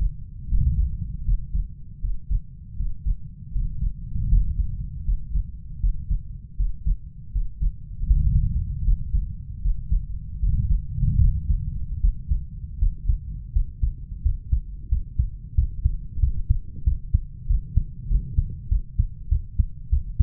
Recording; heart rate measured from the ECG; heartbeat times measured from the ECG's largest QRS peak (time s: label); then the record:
heart sounds by stethoscope; 83 bpm
0.50 s: heartbeat
1.26 s: heartbeat
2.03 s: heartbeat
2.78 s: heartbeat
3.54 s: heartbeat
4.31 s: heartbeat
5.06 s: heartbeat
5.82 s: heartbeat
6.58 s: heartbeat
7.34 s: heartbeat
8.09 s: heartbeat
8.85 s: heartbeat
9.63 s: heartbeat
10.41 s: heartbeat
11.21 s: heartbeat
12.02 s: heartbeat
12.80 s: heartbeat
13.54 s: heartbeat
14.24 s: heartbeat
14.91 s: heartbeat
15.57 s: heartbeat
16.22 s: heartbeat
16.86 s: heartbeat
17.49 s: heartbeat
18.10 s: heartbeat
18.71 s: heartbeat
19.31 s: heartbeat
19.92 s: heartbeat
From the record:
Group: healthy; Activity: breath hold 0-9 s, rest 9-20 s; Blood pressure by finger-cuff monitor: 132/82 mmHg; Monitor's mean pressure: 98 mmHg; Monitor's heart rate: 79 bpm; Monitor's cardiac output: 6.4 L/min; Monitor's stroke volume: 81 mL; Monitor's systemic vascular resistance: 1160 dyn s/cm5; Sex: male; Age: 21 years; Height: 175 cm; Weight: 72.6 kg